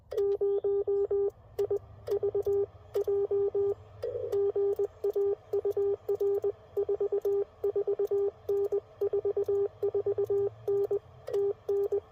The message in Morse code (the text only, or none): 0 IVJ GA UR 44N 44N TN